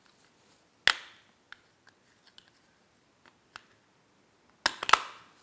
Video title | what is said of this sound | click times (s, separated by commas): How to install the cases for the Flick 3D Tracking and Gesture control boards for Raspberry Pi | be able to click hear them click into place once and | 0.9 s, 4.7 s